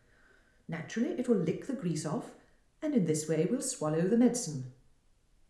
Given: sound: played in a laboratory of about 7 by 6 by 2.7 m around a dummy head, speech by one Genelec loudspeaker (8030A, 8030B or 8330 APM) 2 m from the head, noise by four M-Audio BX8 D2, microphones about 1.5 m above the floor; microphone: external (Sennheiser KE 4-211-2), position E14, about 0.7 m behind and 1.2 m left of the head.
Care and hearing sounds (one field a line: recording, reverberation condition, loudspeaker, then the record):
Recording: female speech in English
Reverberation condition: medium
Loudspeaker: 150 degrees to the left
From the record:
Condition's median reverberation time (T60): about 510 ms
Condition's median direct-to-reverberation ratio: about -0.5 dB